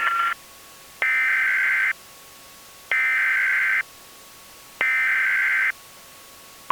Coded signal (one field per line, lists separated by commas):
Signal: Emergency Alert System (SAME) tones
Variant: header bursts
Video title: EAS MOCK - Evil Darwin Part 5, Part 3